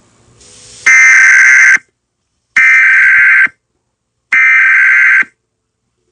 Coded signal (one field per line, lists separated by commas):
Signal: Emergency Alert System (SAME) tones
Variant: header bursts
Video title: Emergency alert system presents SCP 3899 the night hauler